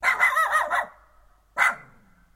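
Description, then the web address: Small dog barking: a rapid run of four high, yappy barks in under a second, a pause, then one more sharp bark. "Sound Effects-Foundation 1 ANIMAL DOG SMALL. BARKING"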